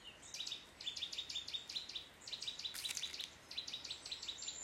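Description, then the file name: Eurasian nuthatch uttering a busy series of sharp, high, piping notes in quick clusters, pausing briefly before resuming, over light hiss. "Sitta europaea"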